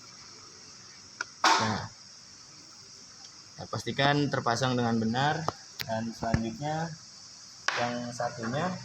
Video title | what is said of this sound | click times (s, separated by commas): pengenalan alat fishfinder (gps map) | kalau sudah masuk itu putar kekanan punya bunyi klik | 1.2 s